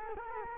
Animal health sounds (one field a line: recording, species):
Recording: mosquito wingbeat signal from an infrared sensor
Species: Culex quinquefasciatus